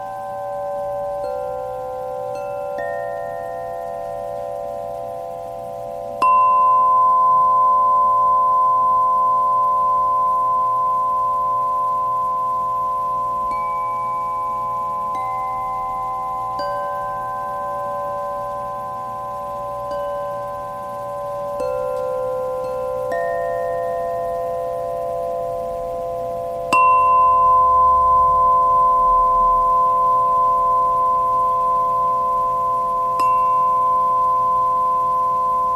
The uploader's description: singing bowl, ocean drum, gong, and fire chimes